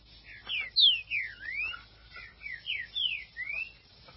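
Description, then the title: Green-winged saltator song in two quick phrases, each of bright falling whistles ending in a dipping, rising slur. "Trinca Ferro"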